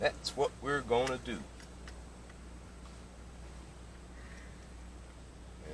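Someone talks briefly at the start while a replacement clockspring for a 2007 Scion tC is lined up with its alignment marks on the steering column before being pushed home. Only light handling noise follows over a low steady hum, with one faint tick near 1.9 s. Nothing has seated or clicked yet.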